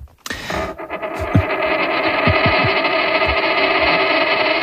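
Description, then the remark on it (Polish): A short news jingle for the economics segment "Ekonomia w Trójce" on Polish Radio Program Three (Trójka) opens with a bright metallic coin clink, followed by a loud, sustained and slightly buzzy electronic chord that holds steady to the end, with no voices. “Tam w tym dżinglu Ekonomia w Trójce, to mi jakoś tak się zawsze nie podobało, a ta moneta ładna.”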